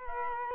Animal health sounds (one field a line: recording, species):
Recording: mosquito wingbeat signal from an infrared sensor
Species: Culex quinquefasciatus